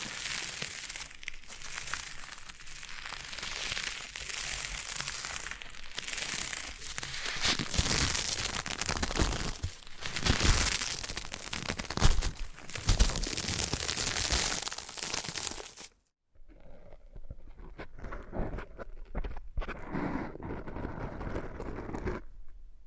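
Foam massage: dense, rapid crinkling and squishing rubs fill the first sixteen seconds, bright and hissy with brief louder swells near ten and thirteen seconds. A short silence follows, then softer, thinner rubbing resumes with scattered strokes until the end.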